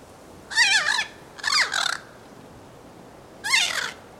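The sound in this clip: Bird calls: harsh, wavering, nasal notes, a single one, then a doubled pair, then another after a pause.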